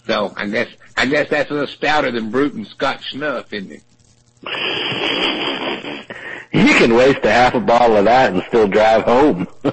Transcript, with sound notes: So, I guess, I guess that’s a little stouter than Bruton Scotch snuff isn’t it?
[chuckles] You can waste a half a ball of that and still drive home.